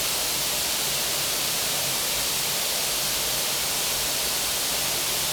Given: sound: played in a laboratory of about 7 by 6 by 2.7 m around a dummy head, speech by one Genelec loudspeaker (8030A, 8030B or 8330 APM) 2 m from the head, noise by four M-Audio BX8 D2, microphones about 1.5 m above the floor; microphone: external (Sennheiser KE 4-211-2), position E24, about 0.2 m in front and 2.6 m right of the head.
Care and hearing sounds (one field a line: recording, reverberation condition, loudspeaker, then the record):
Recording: white noise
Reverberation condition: high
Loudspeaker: four, about 170 cm from the corners of the room and facing them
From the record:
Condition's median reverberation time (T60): about 1300 ms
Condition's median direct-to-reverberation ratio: about -4.0 dB